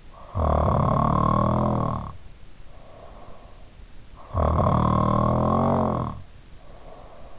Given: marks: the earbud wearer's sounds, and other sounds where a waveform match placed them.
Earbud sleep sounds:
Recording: sounds in sleep by an in-ear microphone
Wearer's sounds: snoring breath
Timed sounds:
0.08-3.68 s: snoring breath
4.20-7.39 s: snoring breath

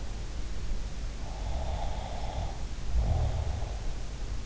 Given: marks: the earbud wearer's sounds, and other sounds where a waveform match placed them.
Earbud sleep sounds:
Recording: sounds in sleep by an in-ear microphone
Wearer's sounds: snoring breath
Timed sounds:
1.24-3.80 s: snoring breath

